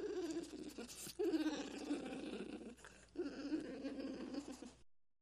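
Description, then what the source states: American black bear cub purring: a steady, throaty pulsing hum with a short break near one second and a pause near three seconds, then resuming. Cub moaning and purring.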